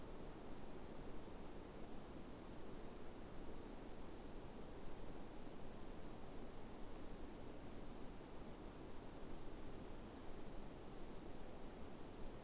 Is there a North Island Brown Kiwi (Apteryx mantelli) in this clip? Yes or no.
no